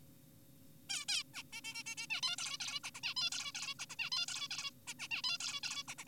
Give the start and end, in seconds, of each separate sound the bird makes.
0.90-1.04, 1.08-1.23, 1.34-1.43, 1.53-1.61, 1.64-1.74, 1.75-1.83, 1.86-1.95, 1.98-2.07, 2.10-2.21, 2.23-2.36, 2.38-2.58, 2.60-2.80, 2.84-2.90, 2.95-3.01, 3.03-3.14, 3.17-3.30, 3.32-3.52, 3.55-3.75, 3.79-3.86, 3.90-3.96, 3.99-4.10, 4.12-4.26, 4.28-4.48, 4.51-4.70, 4.88-4.94, 4.99-5.08, 5.11-5.22, 5.24-5.38, 5.41-5.60, 5.63-5.83, 5.88-5.95, 5.98-6.04